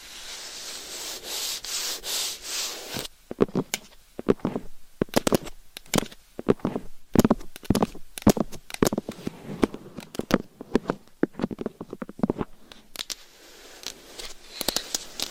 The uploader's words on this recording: ASMR Binaural Mic Scratching & Tapping with Claws. No Talking.